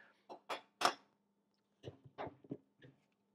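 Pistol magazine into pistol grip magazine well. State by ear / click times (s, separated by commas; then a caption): seated / 0.8 s. A CZ P-07 magazine is pushed into the grip magazine well of a CZ P-09C Nocturne pistol to test compatibility, producing a series of short mechanical knocks and scrapes. The loudest hit comes at 0.9 s as the magazine catch engages and the magazine locks into place, followed by quieter handling clicks.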